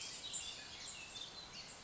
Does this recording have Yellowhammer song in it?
no